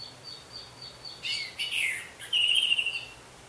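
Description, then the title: Orange-headed thrush song, a faint high note followed by slurred chirps and an emphatic whistled phrase. "Anis Merah"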